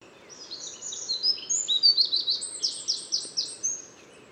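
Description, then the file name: Eurasian wren singing a rapid, very high, tumbling run of clipped notes and short trills that grows louder through the middle of the phrase. "Troglodytes troglodytes"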